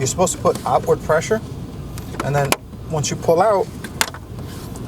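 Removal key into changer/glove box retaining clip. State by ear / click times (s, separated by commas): released / 4.0 s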